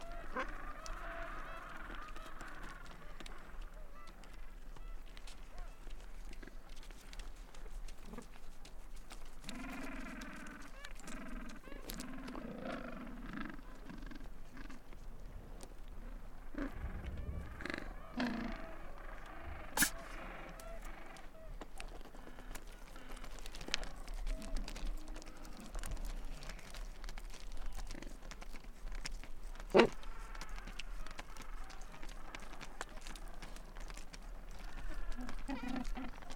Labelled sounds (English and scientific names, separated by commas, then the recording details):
Gentoo Penguin (Pygoscelis papua) call
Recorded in the wild
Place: Port Lockroy (Damoy Point), Antarctica, AQ
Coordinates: -64.49, -63.29
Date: 2018-12-27
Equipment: Olympus LS-100, Sennheiser ME66
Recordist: Beaulieu, Michaël